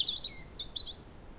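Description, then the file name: European robin giving a short song phrase of high, thin, warbled notes, with a lower drawn-out whistle between them, then quiet. "Erithacus rubecula"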